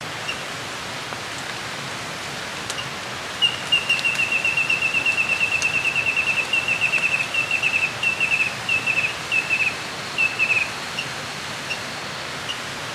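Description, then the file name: Rufous antpitta trill: a long series of high whistled notes, steady at first then breaking into short clusters, over a constant background hiss. "Grallaria rufula - Rufous Antpitta"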